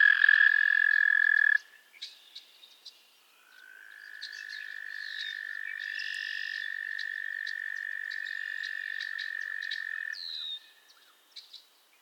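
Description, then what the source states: Frogs trilling: one sustained high trill stops early, then after a short pause another steady buzzing trill runs about seven seconds, with scattered faint chirps. Chorus of frogs calling to one another on a summer evening at Miners Marsh, Annapolis Valley, Nova Scotia.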